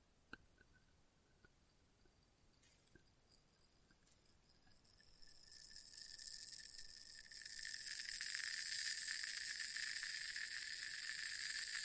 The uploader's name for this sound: Experimental Triggers in Test Tubes